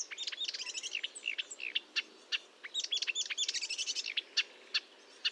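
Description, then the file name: Marsh warbler song: a dense, hurried flow of rapid scratchy chatters and varied whistled notes with short gaps. Recorded at Fontaine-Française, France, on 1 June 2022 at 10:55 using a Nagra recorder with a Telinga parabolic microphone. "Rousserolle verderolle 1055 Fontaine-Francaise-Fourneau"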